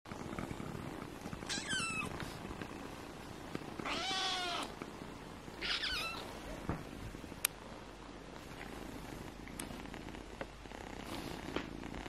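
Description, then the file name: Kittens mewing in high, wavering meows three times over a soft, steady purr, with faint clicks and rustling between calls. Baby kittens relaxing, purring and sleeping, domestic, recorded 21 June 2020. "Time for Relaxation, Purring and Sleep - Cute Baby kittens - 21-06-20"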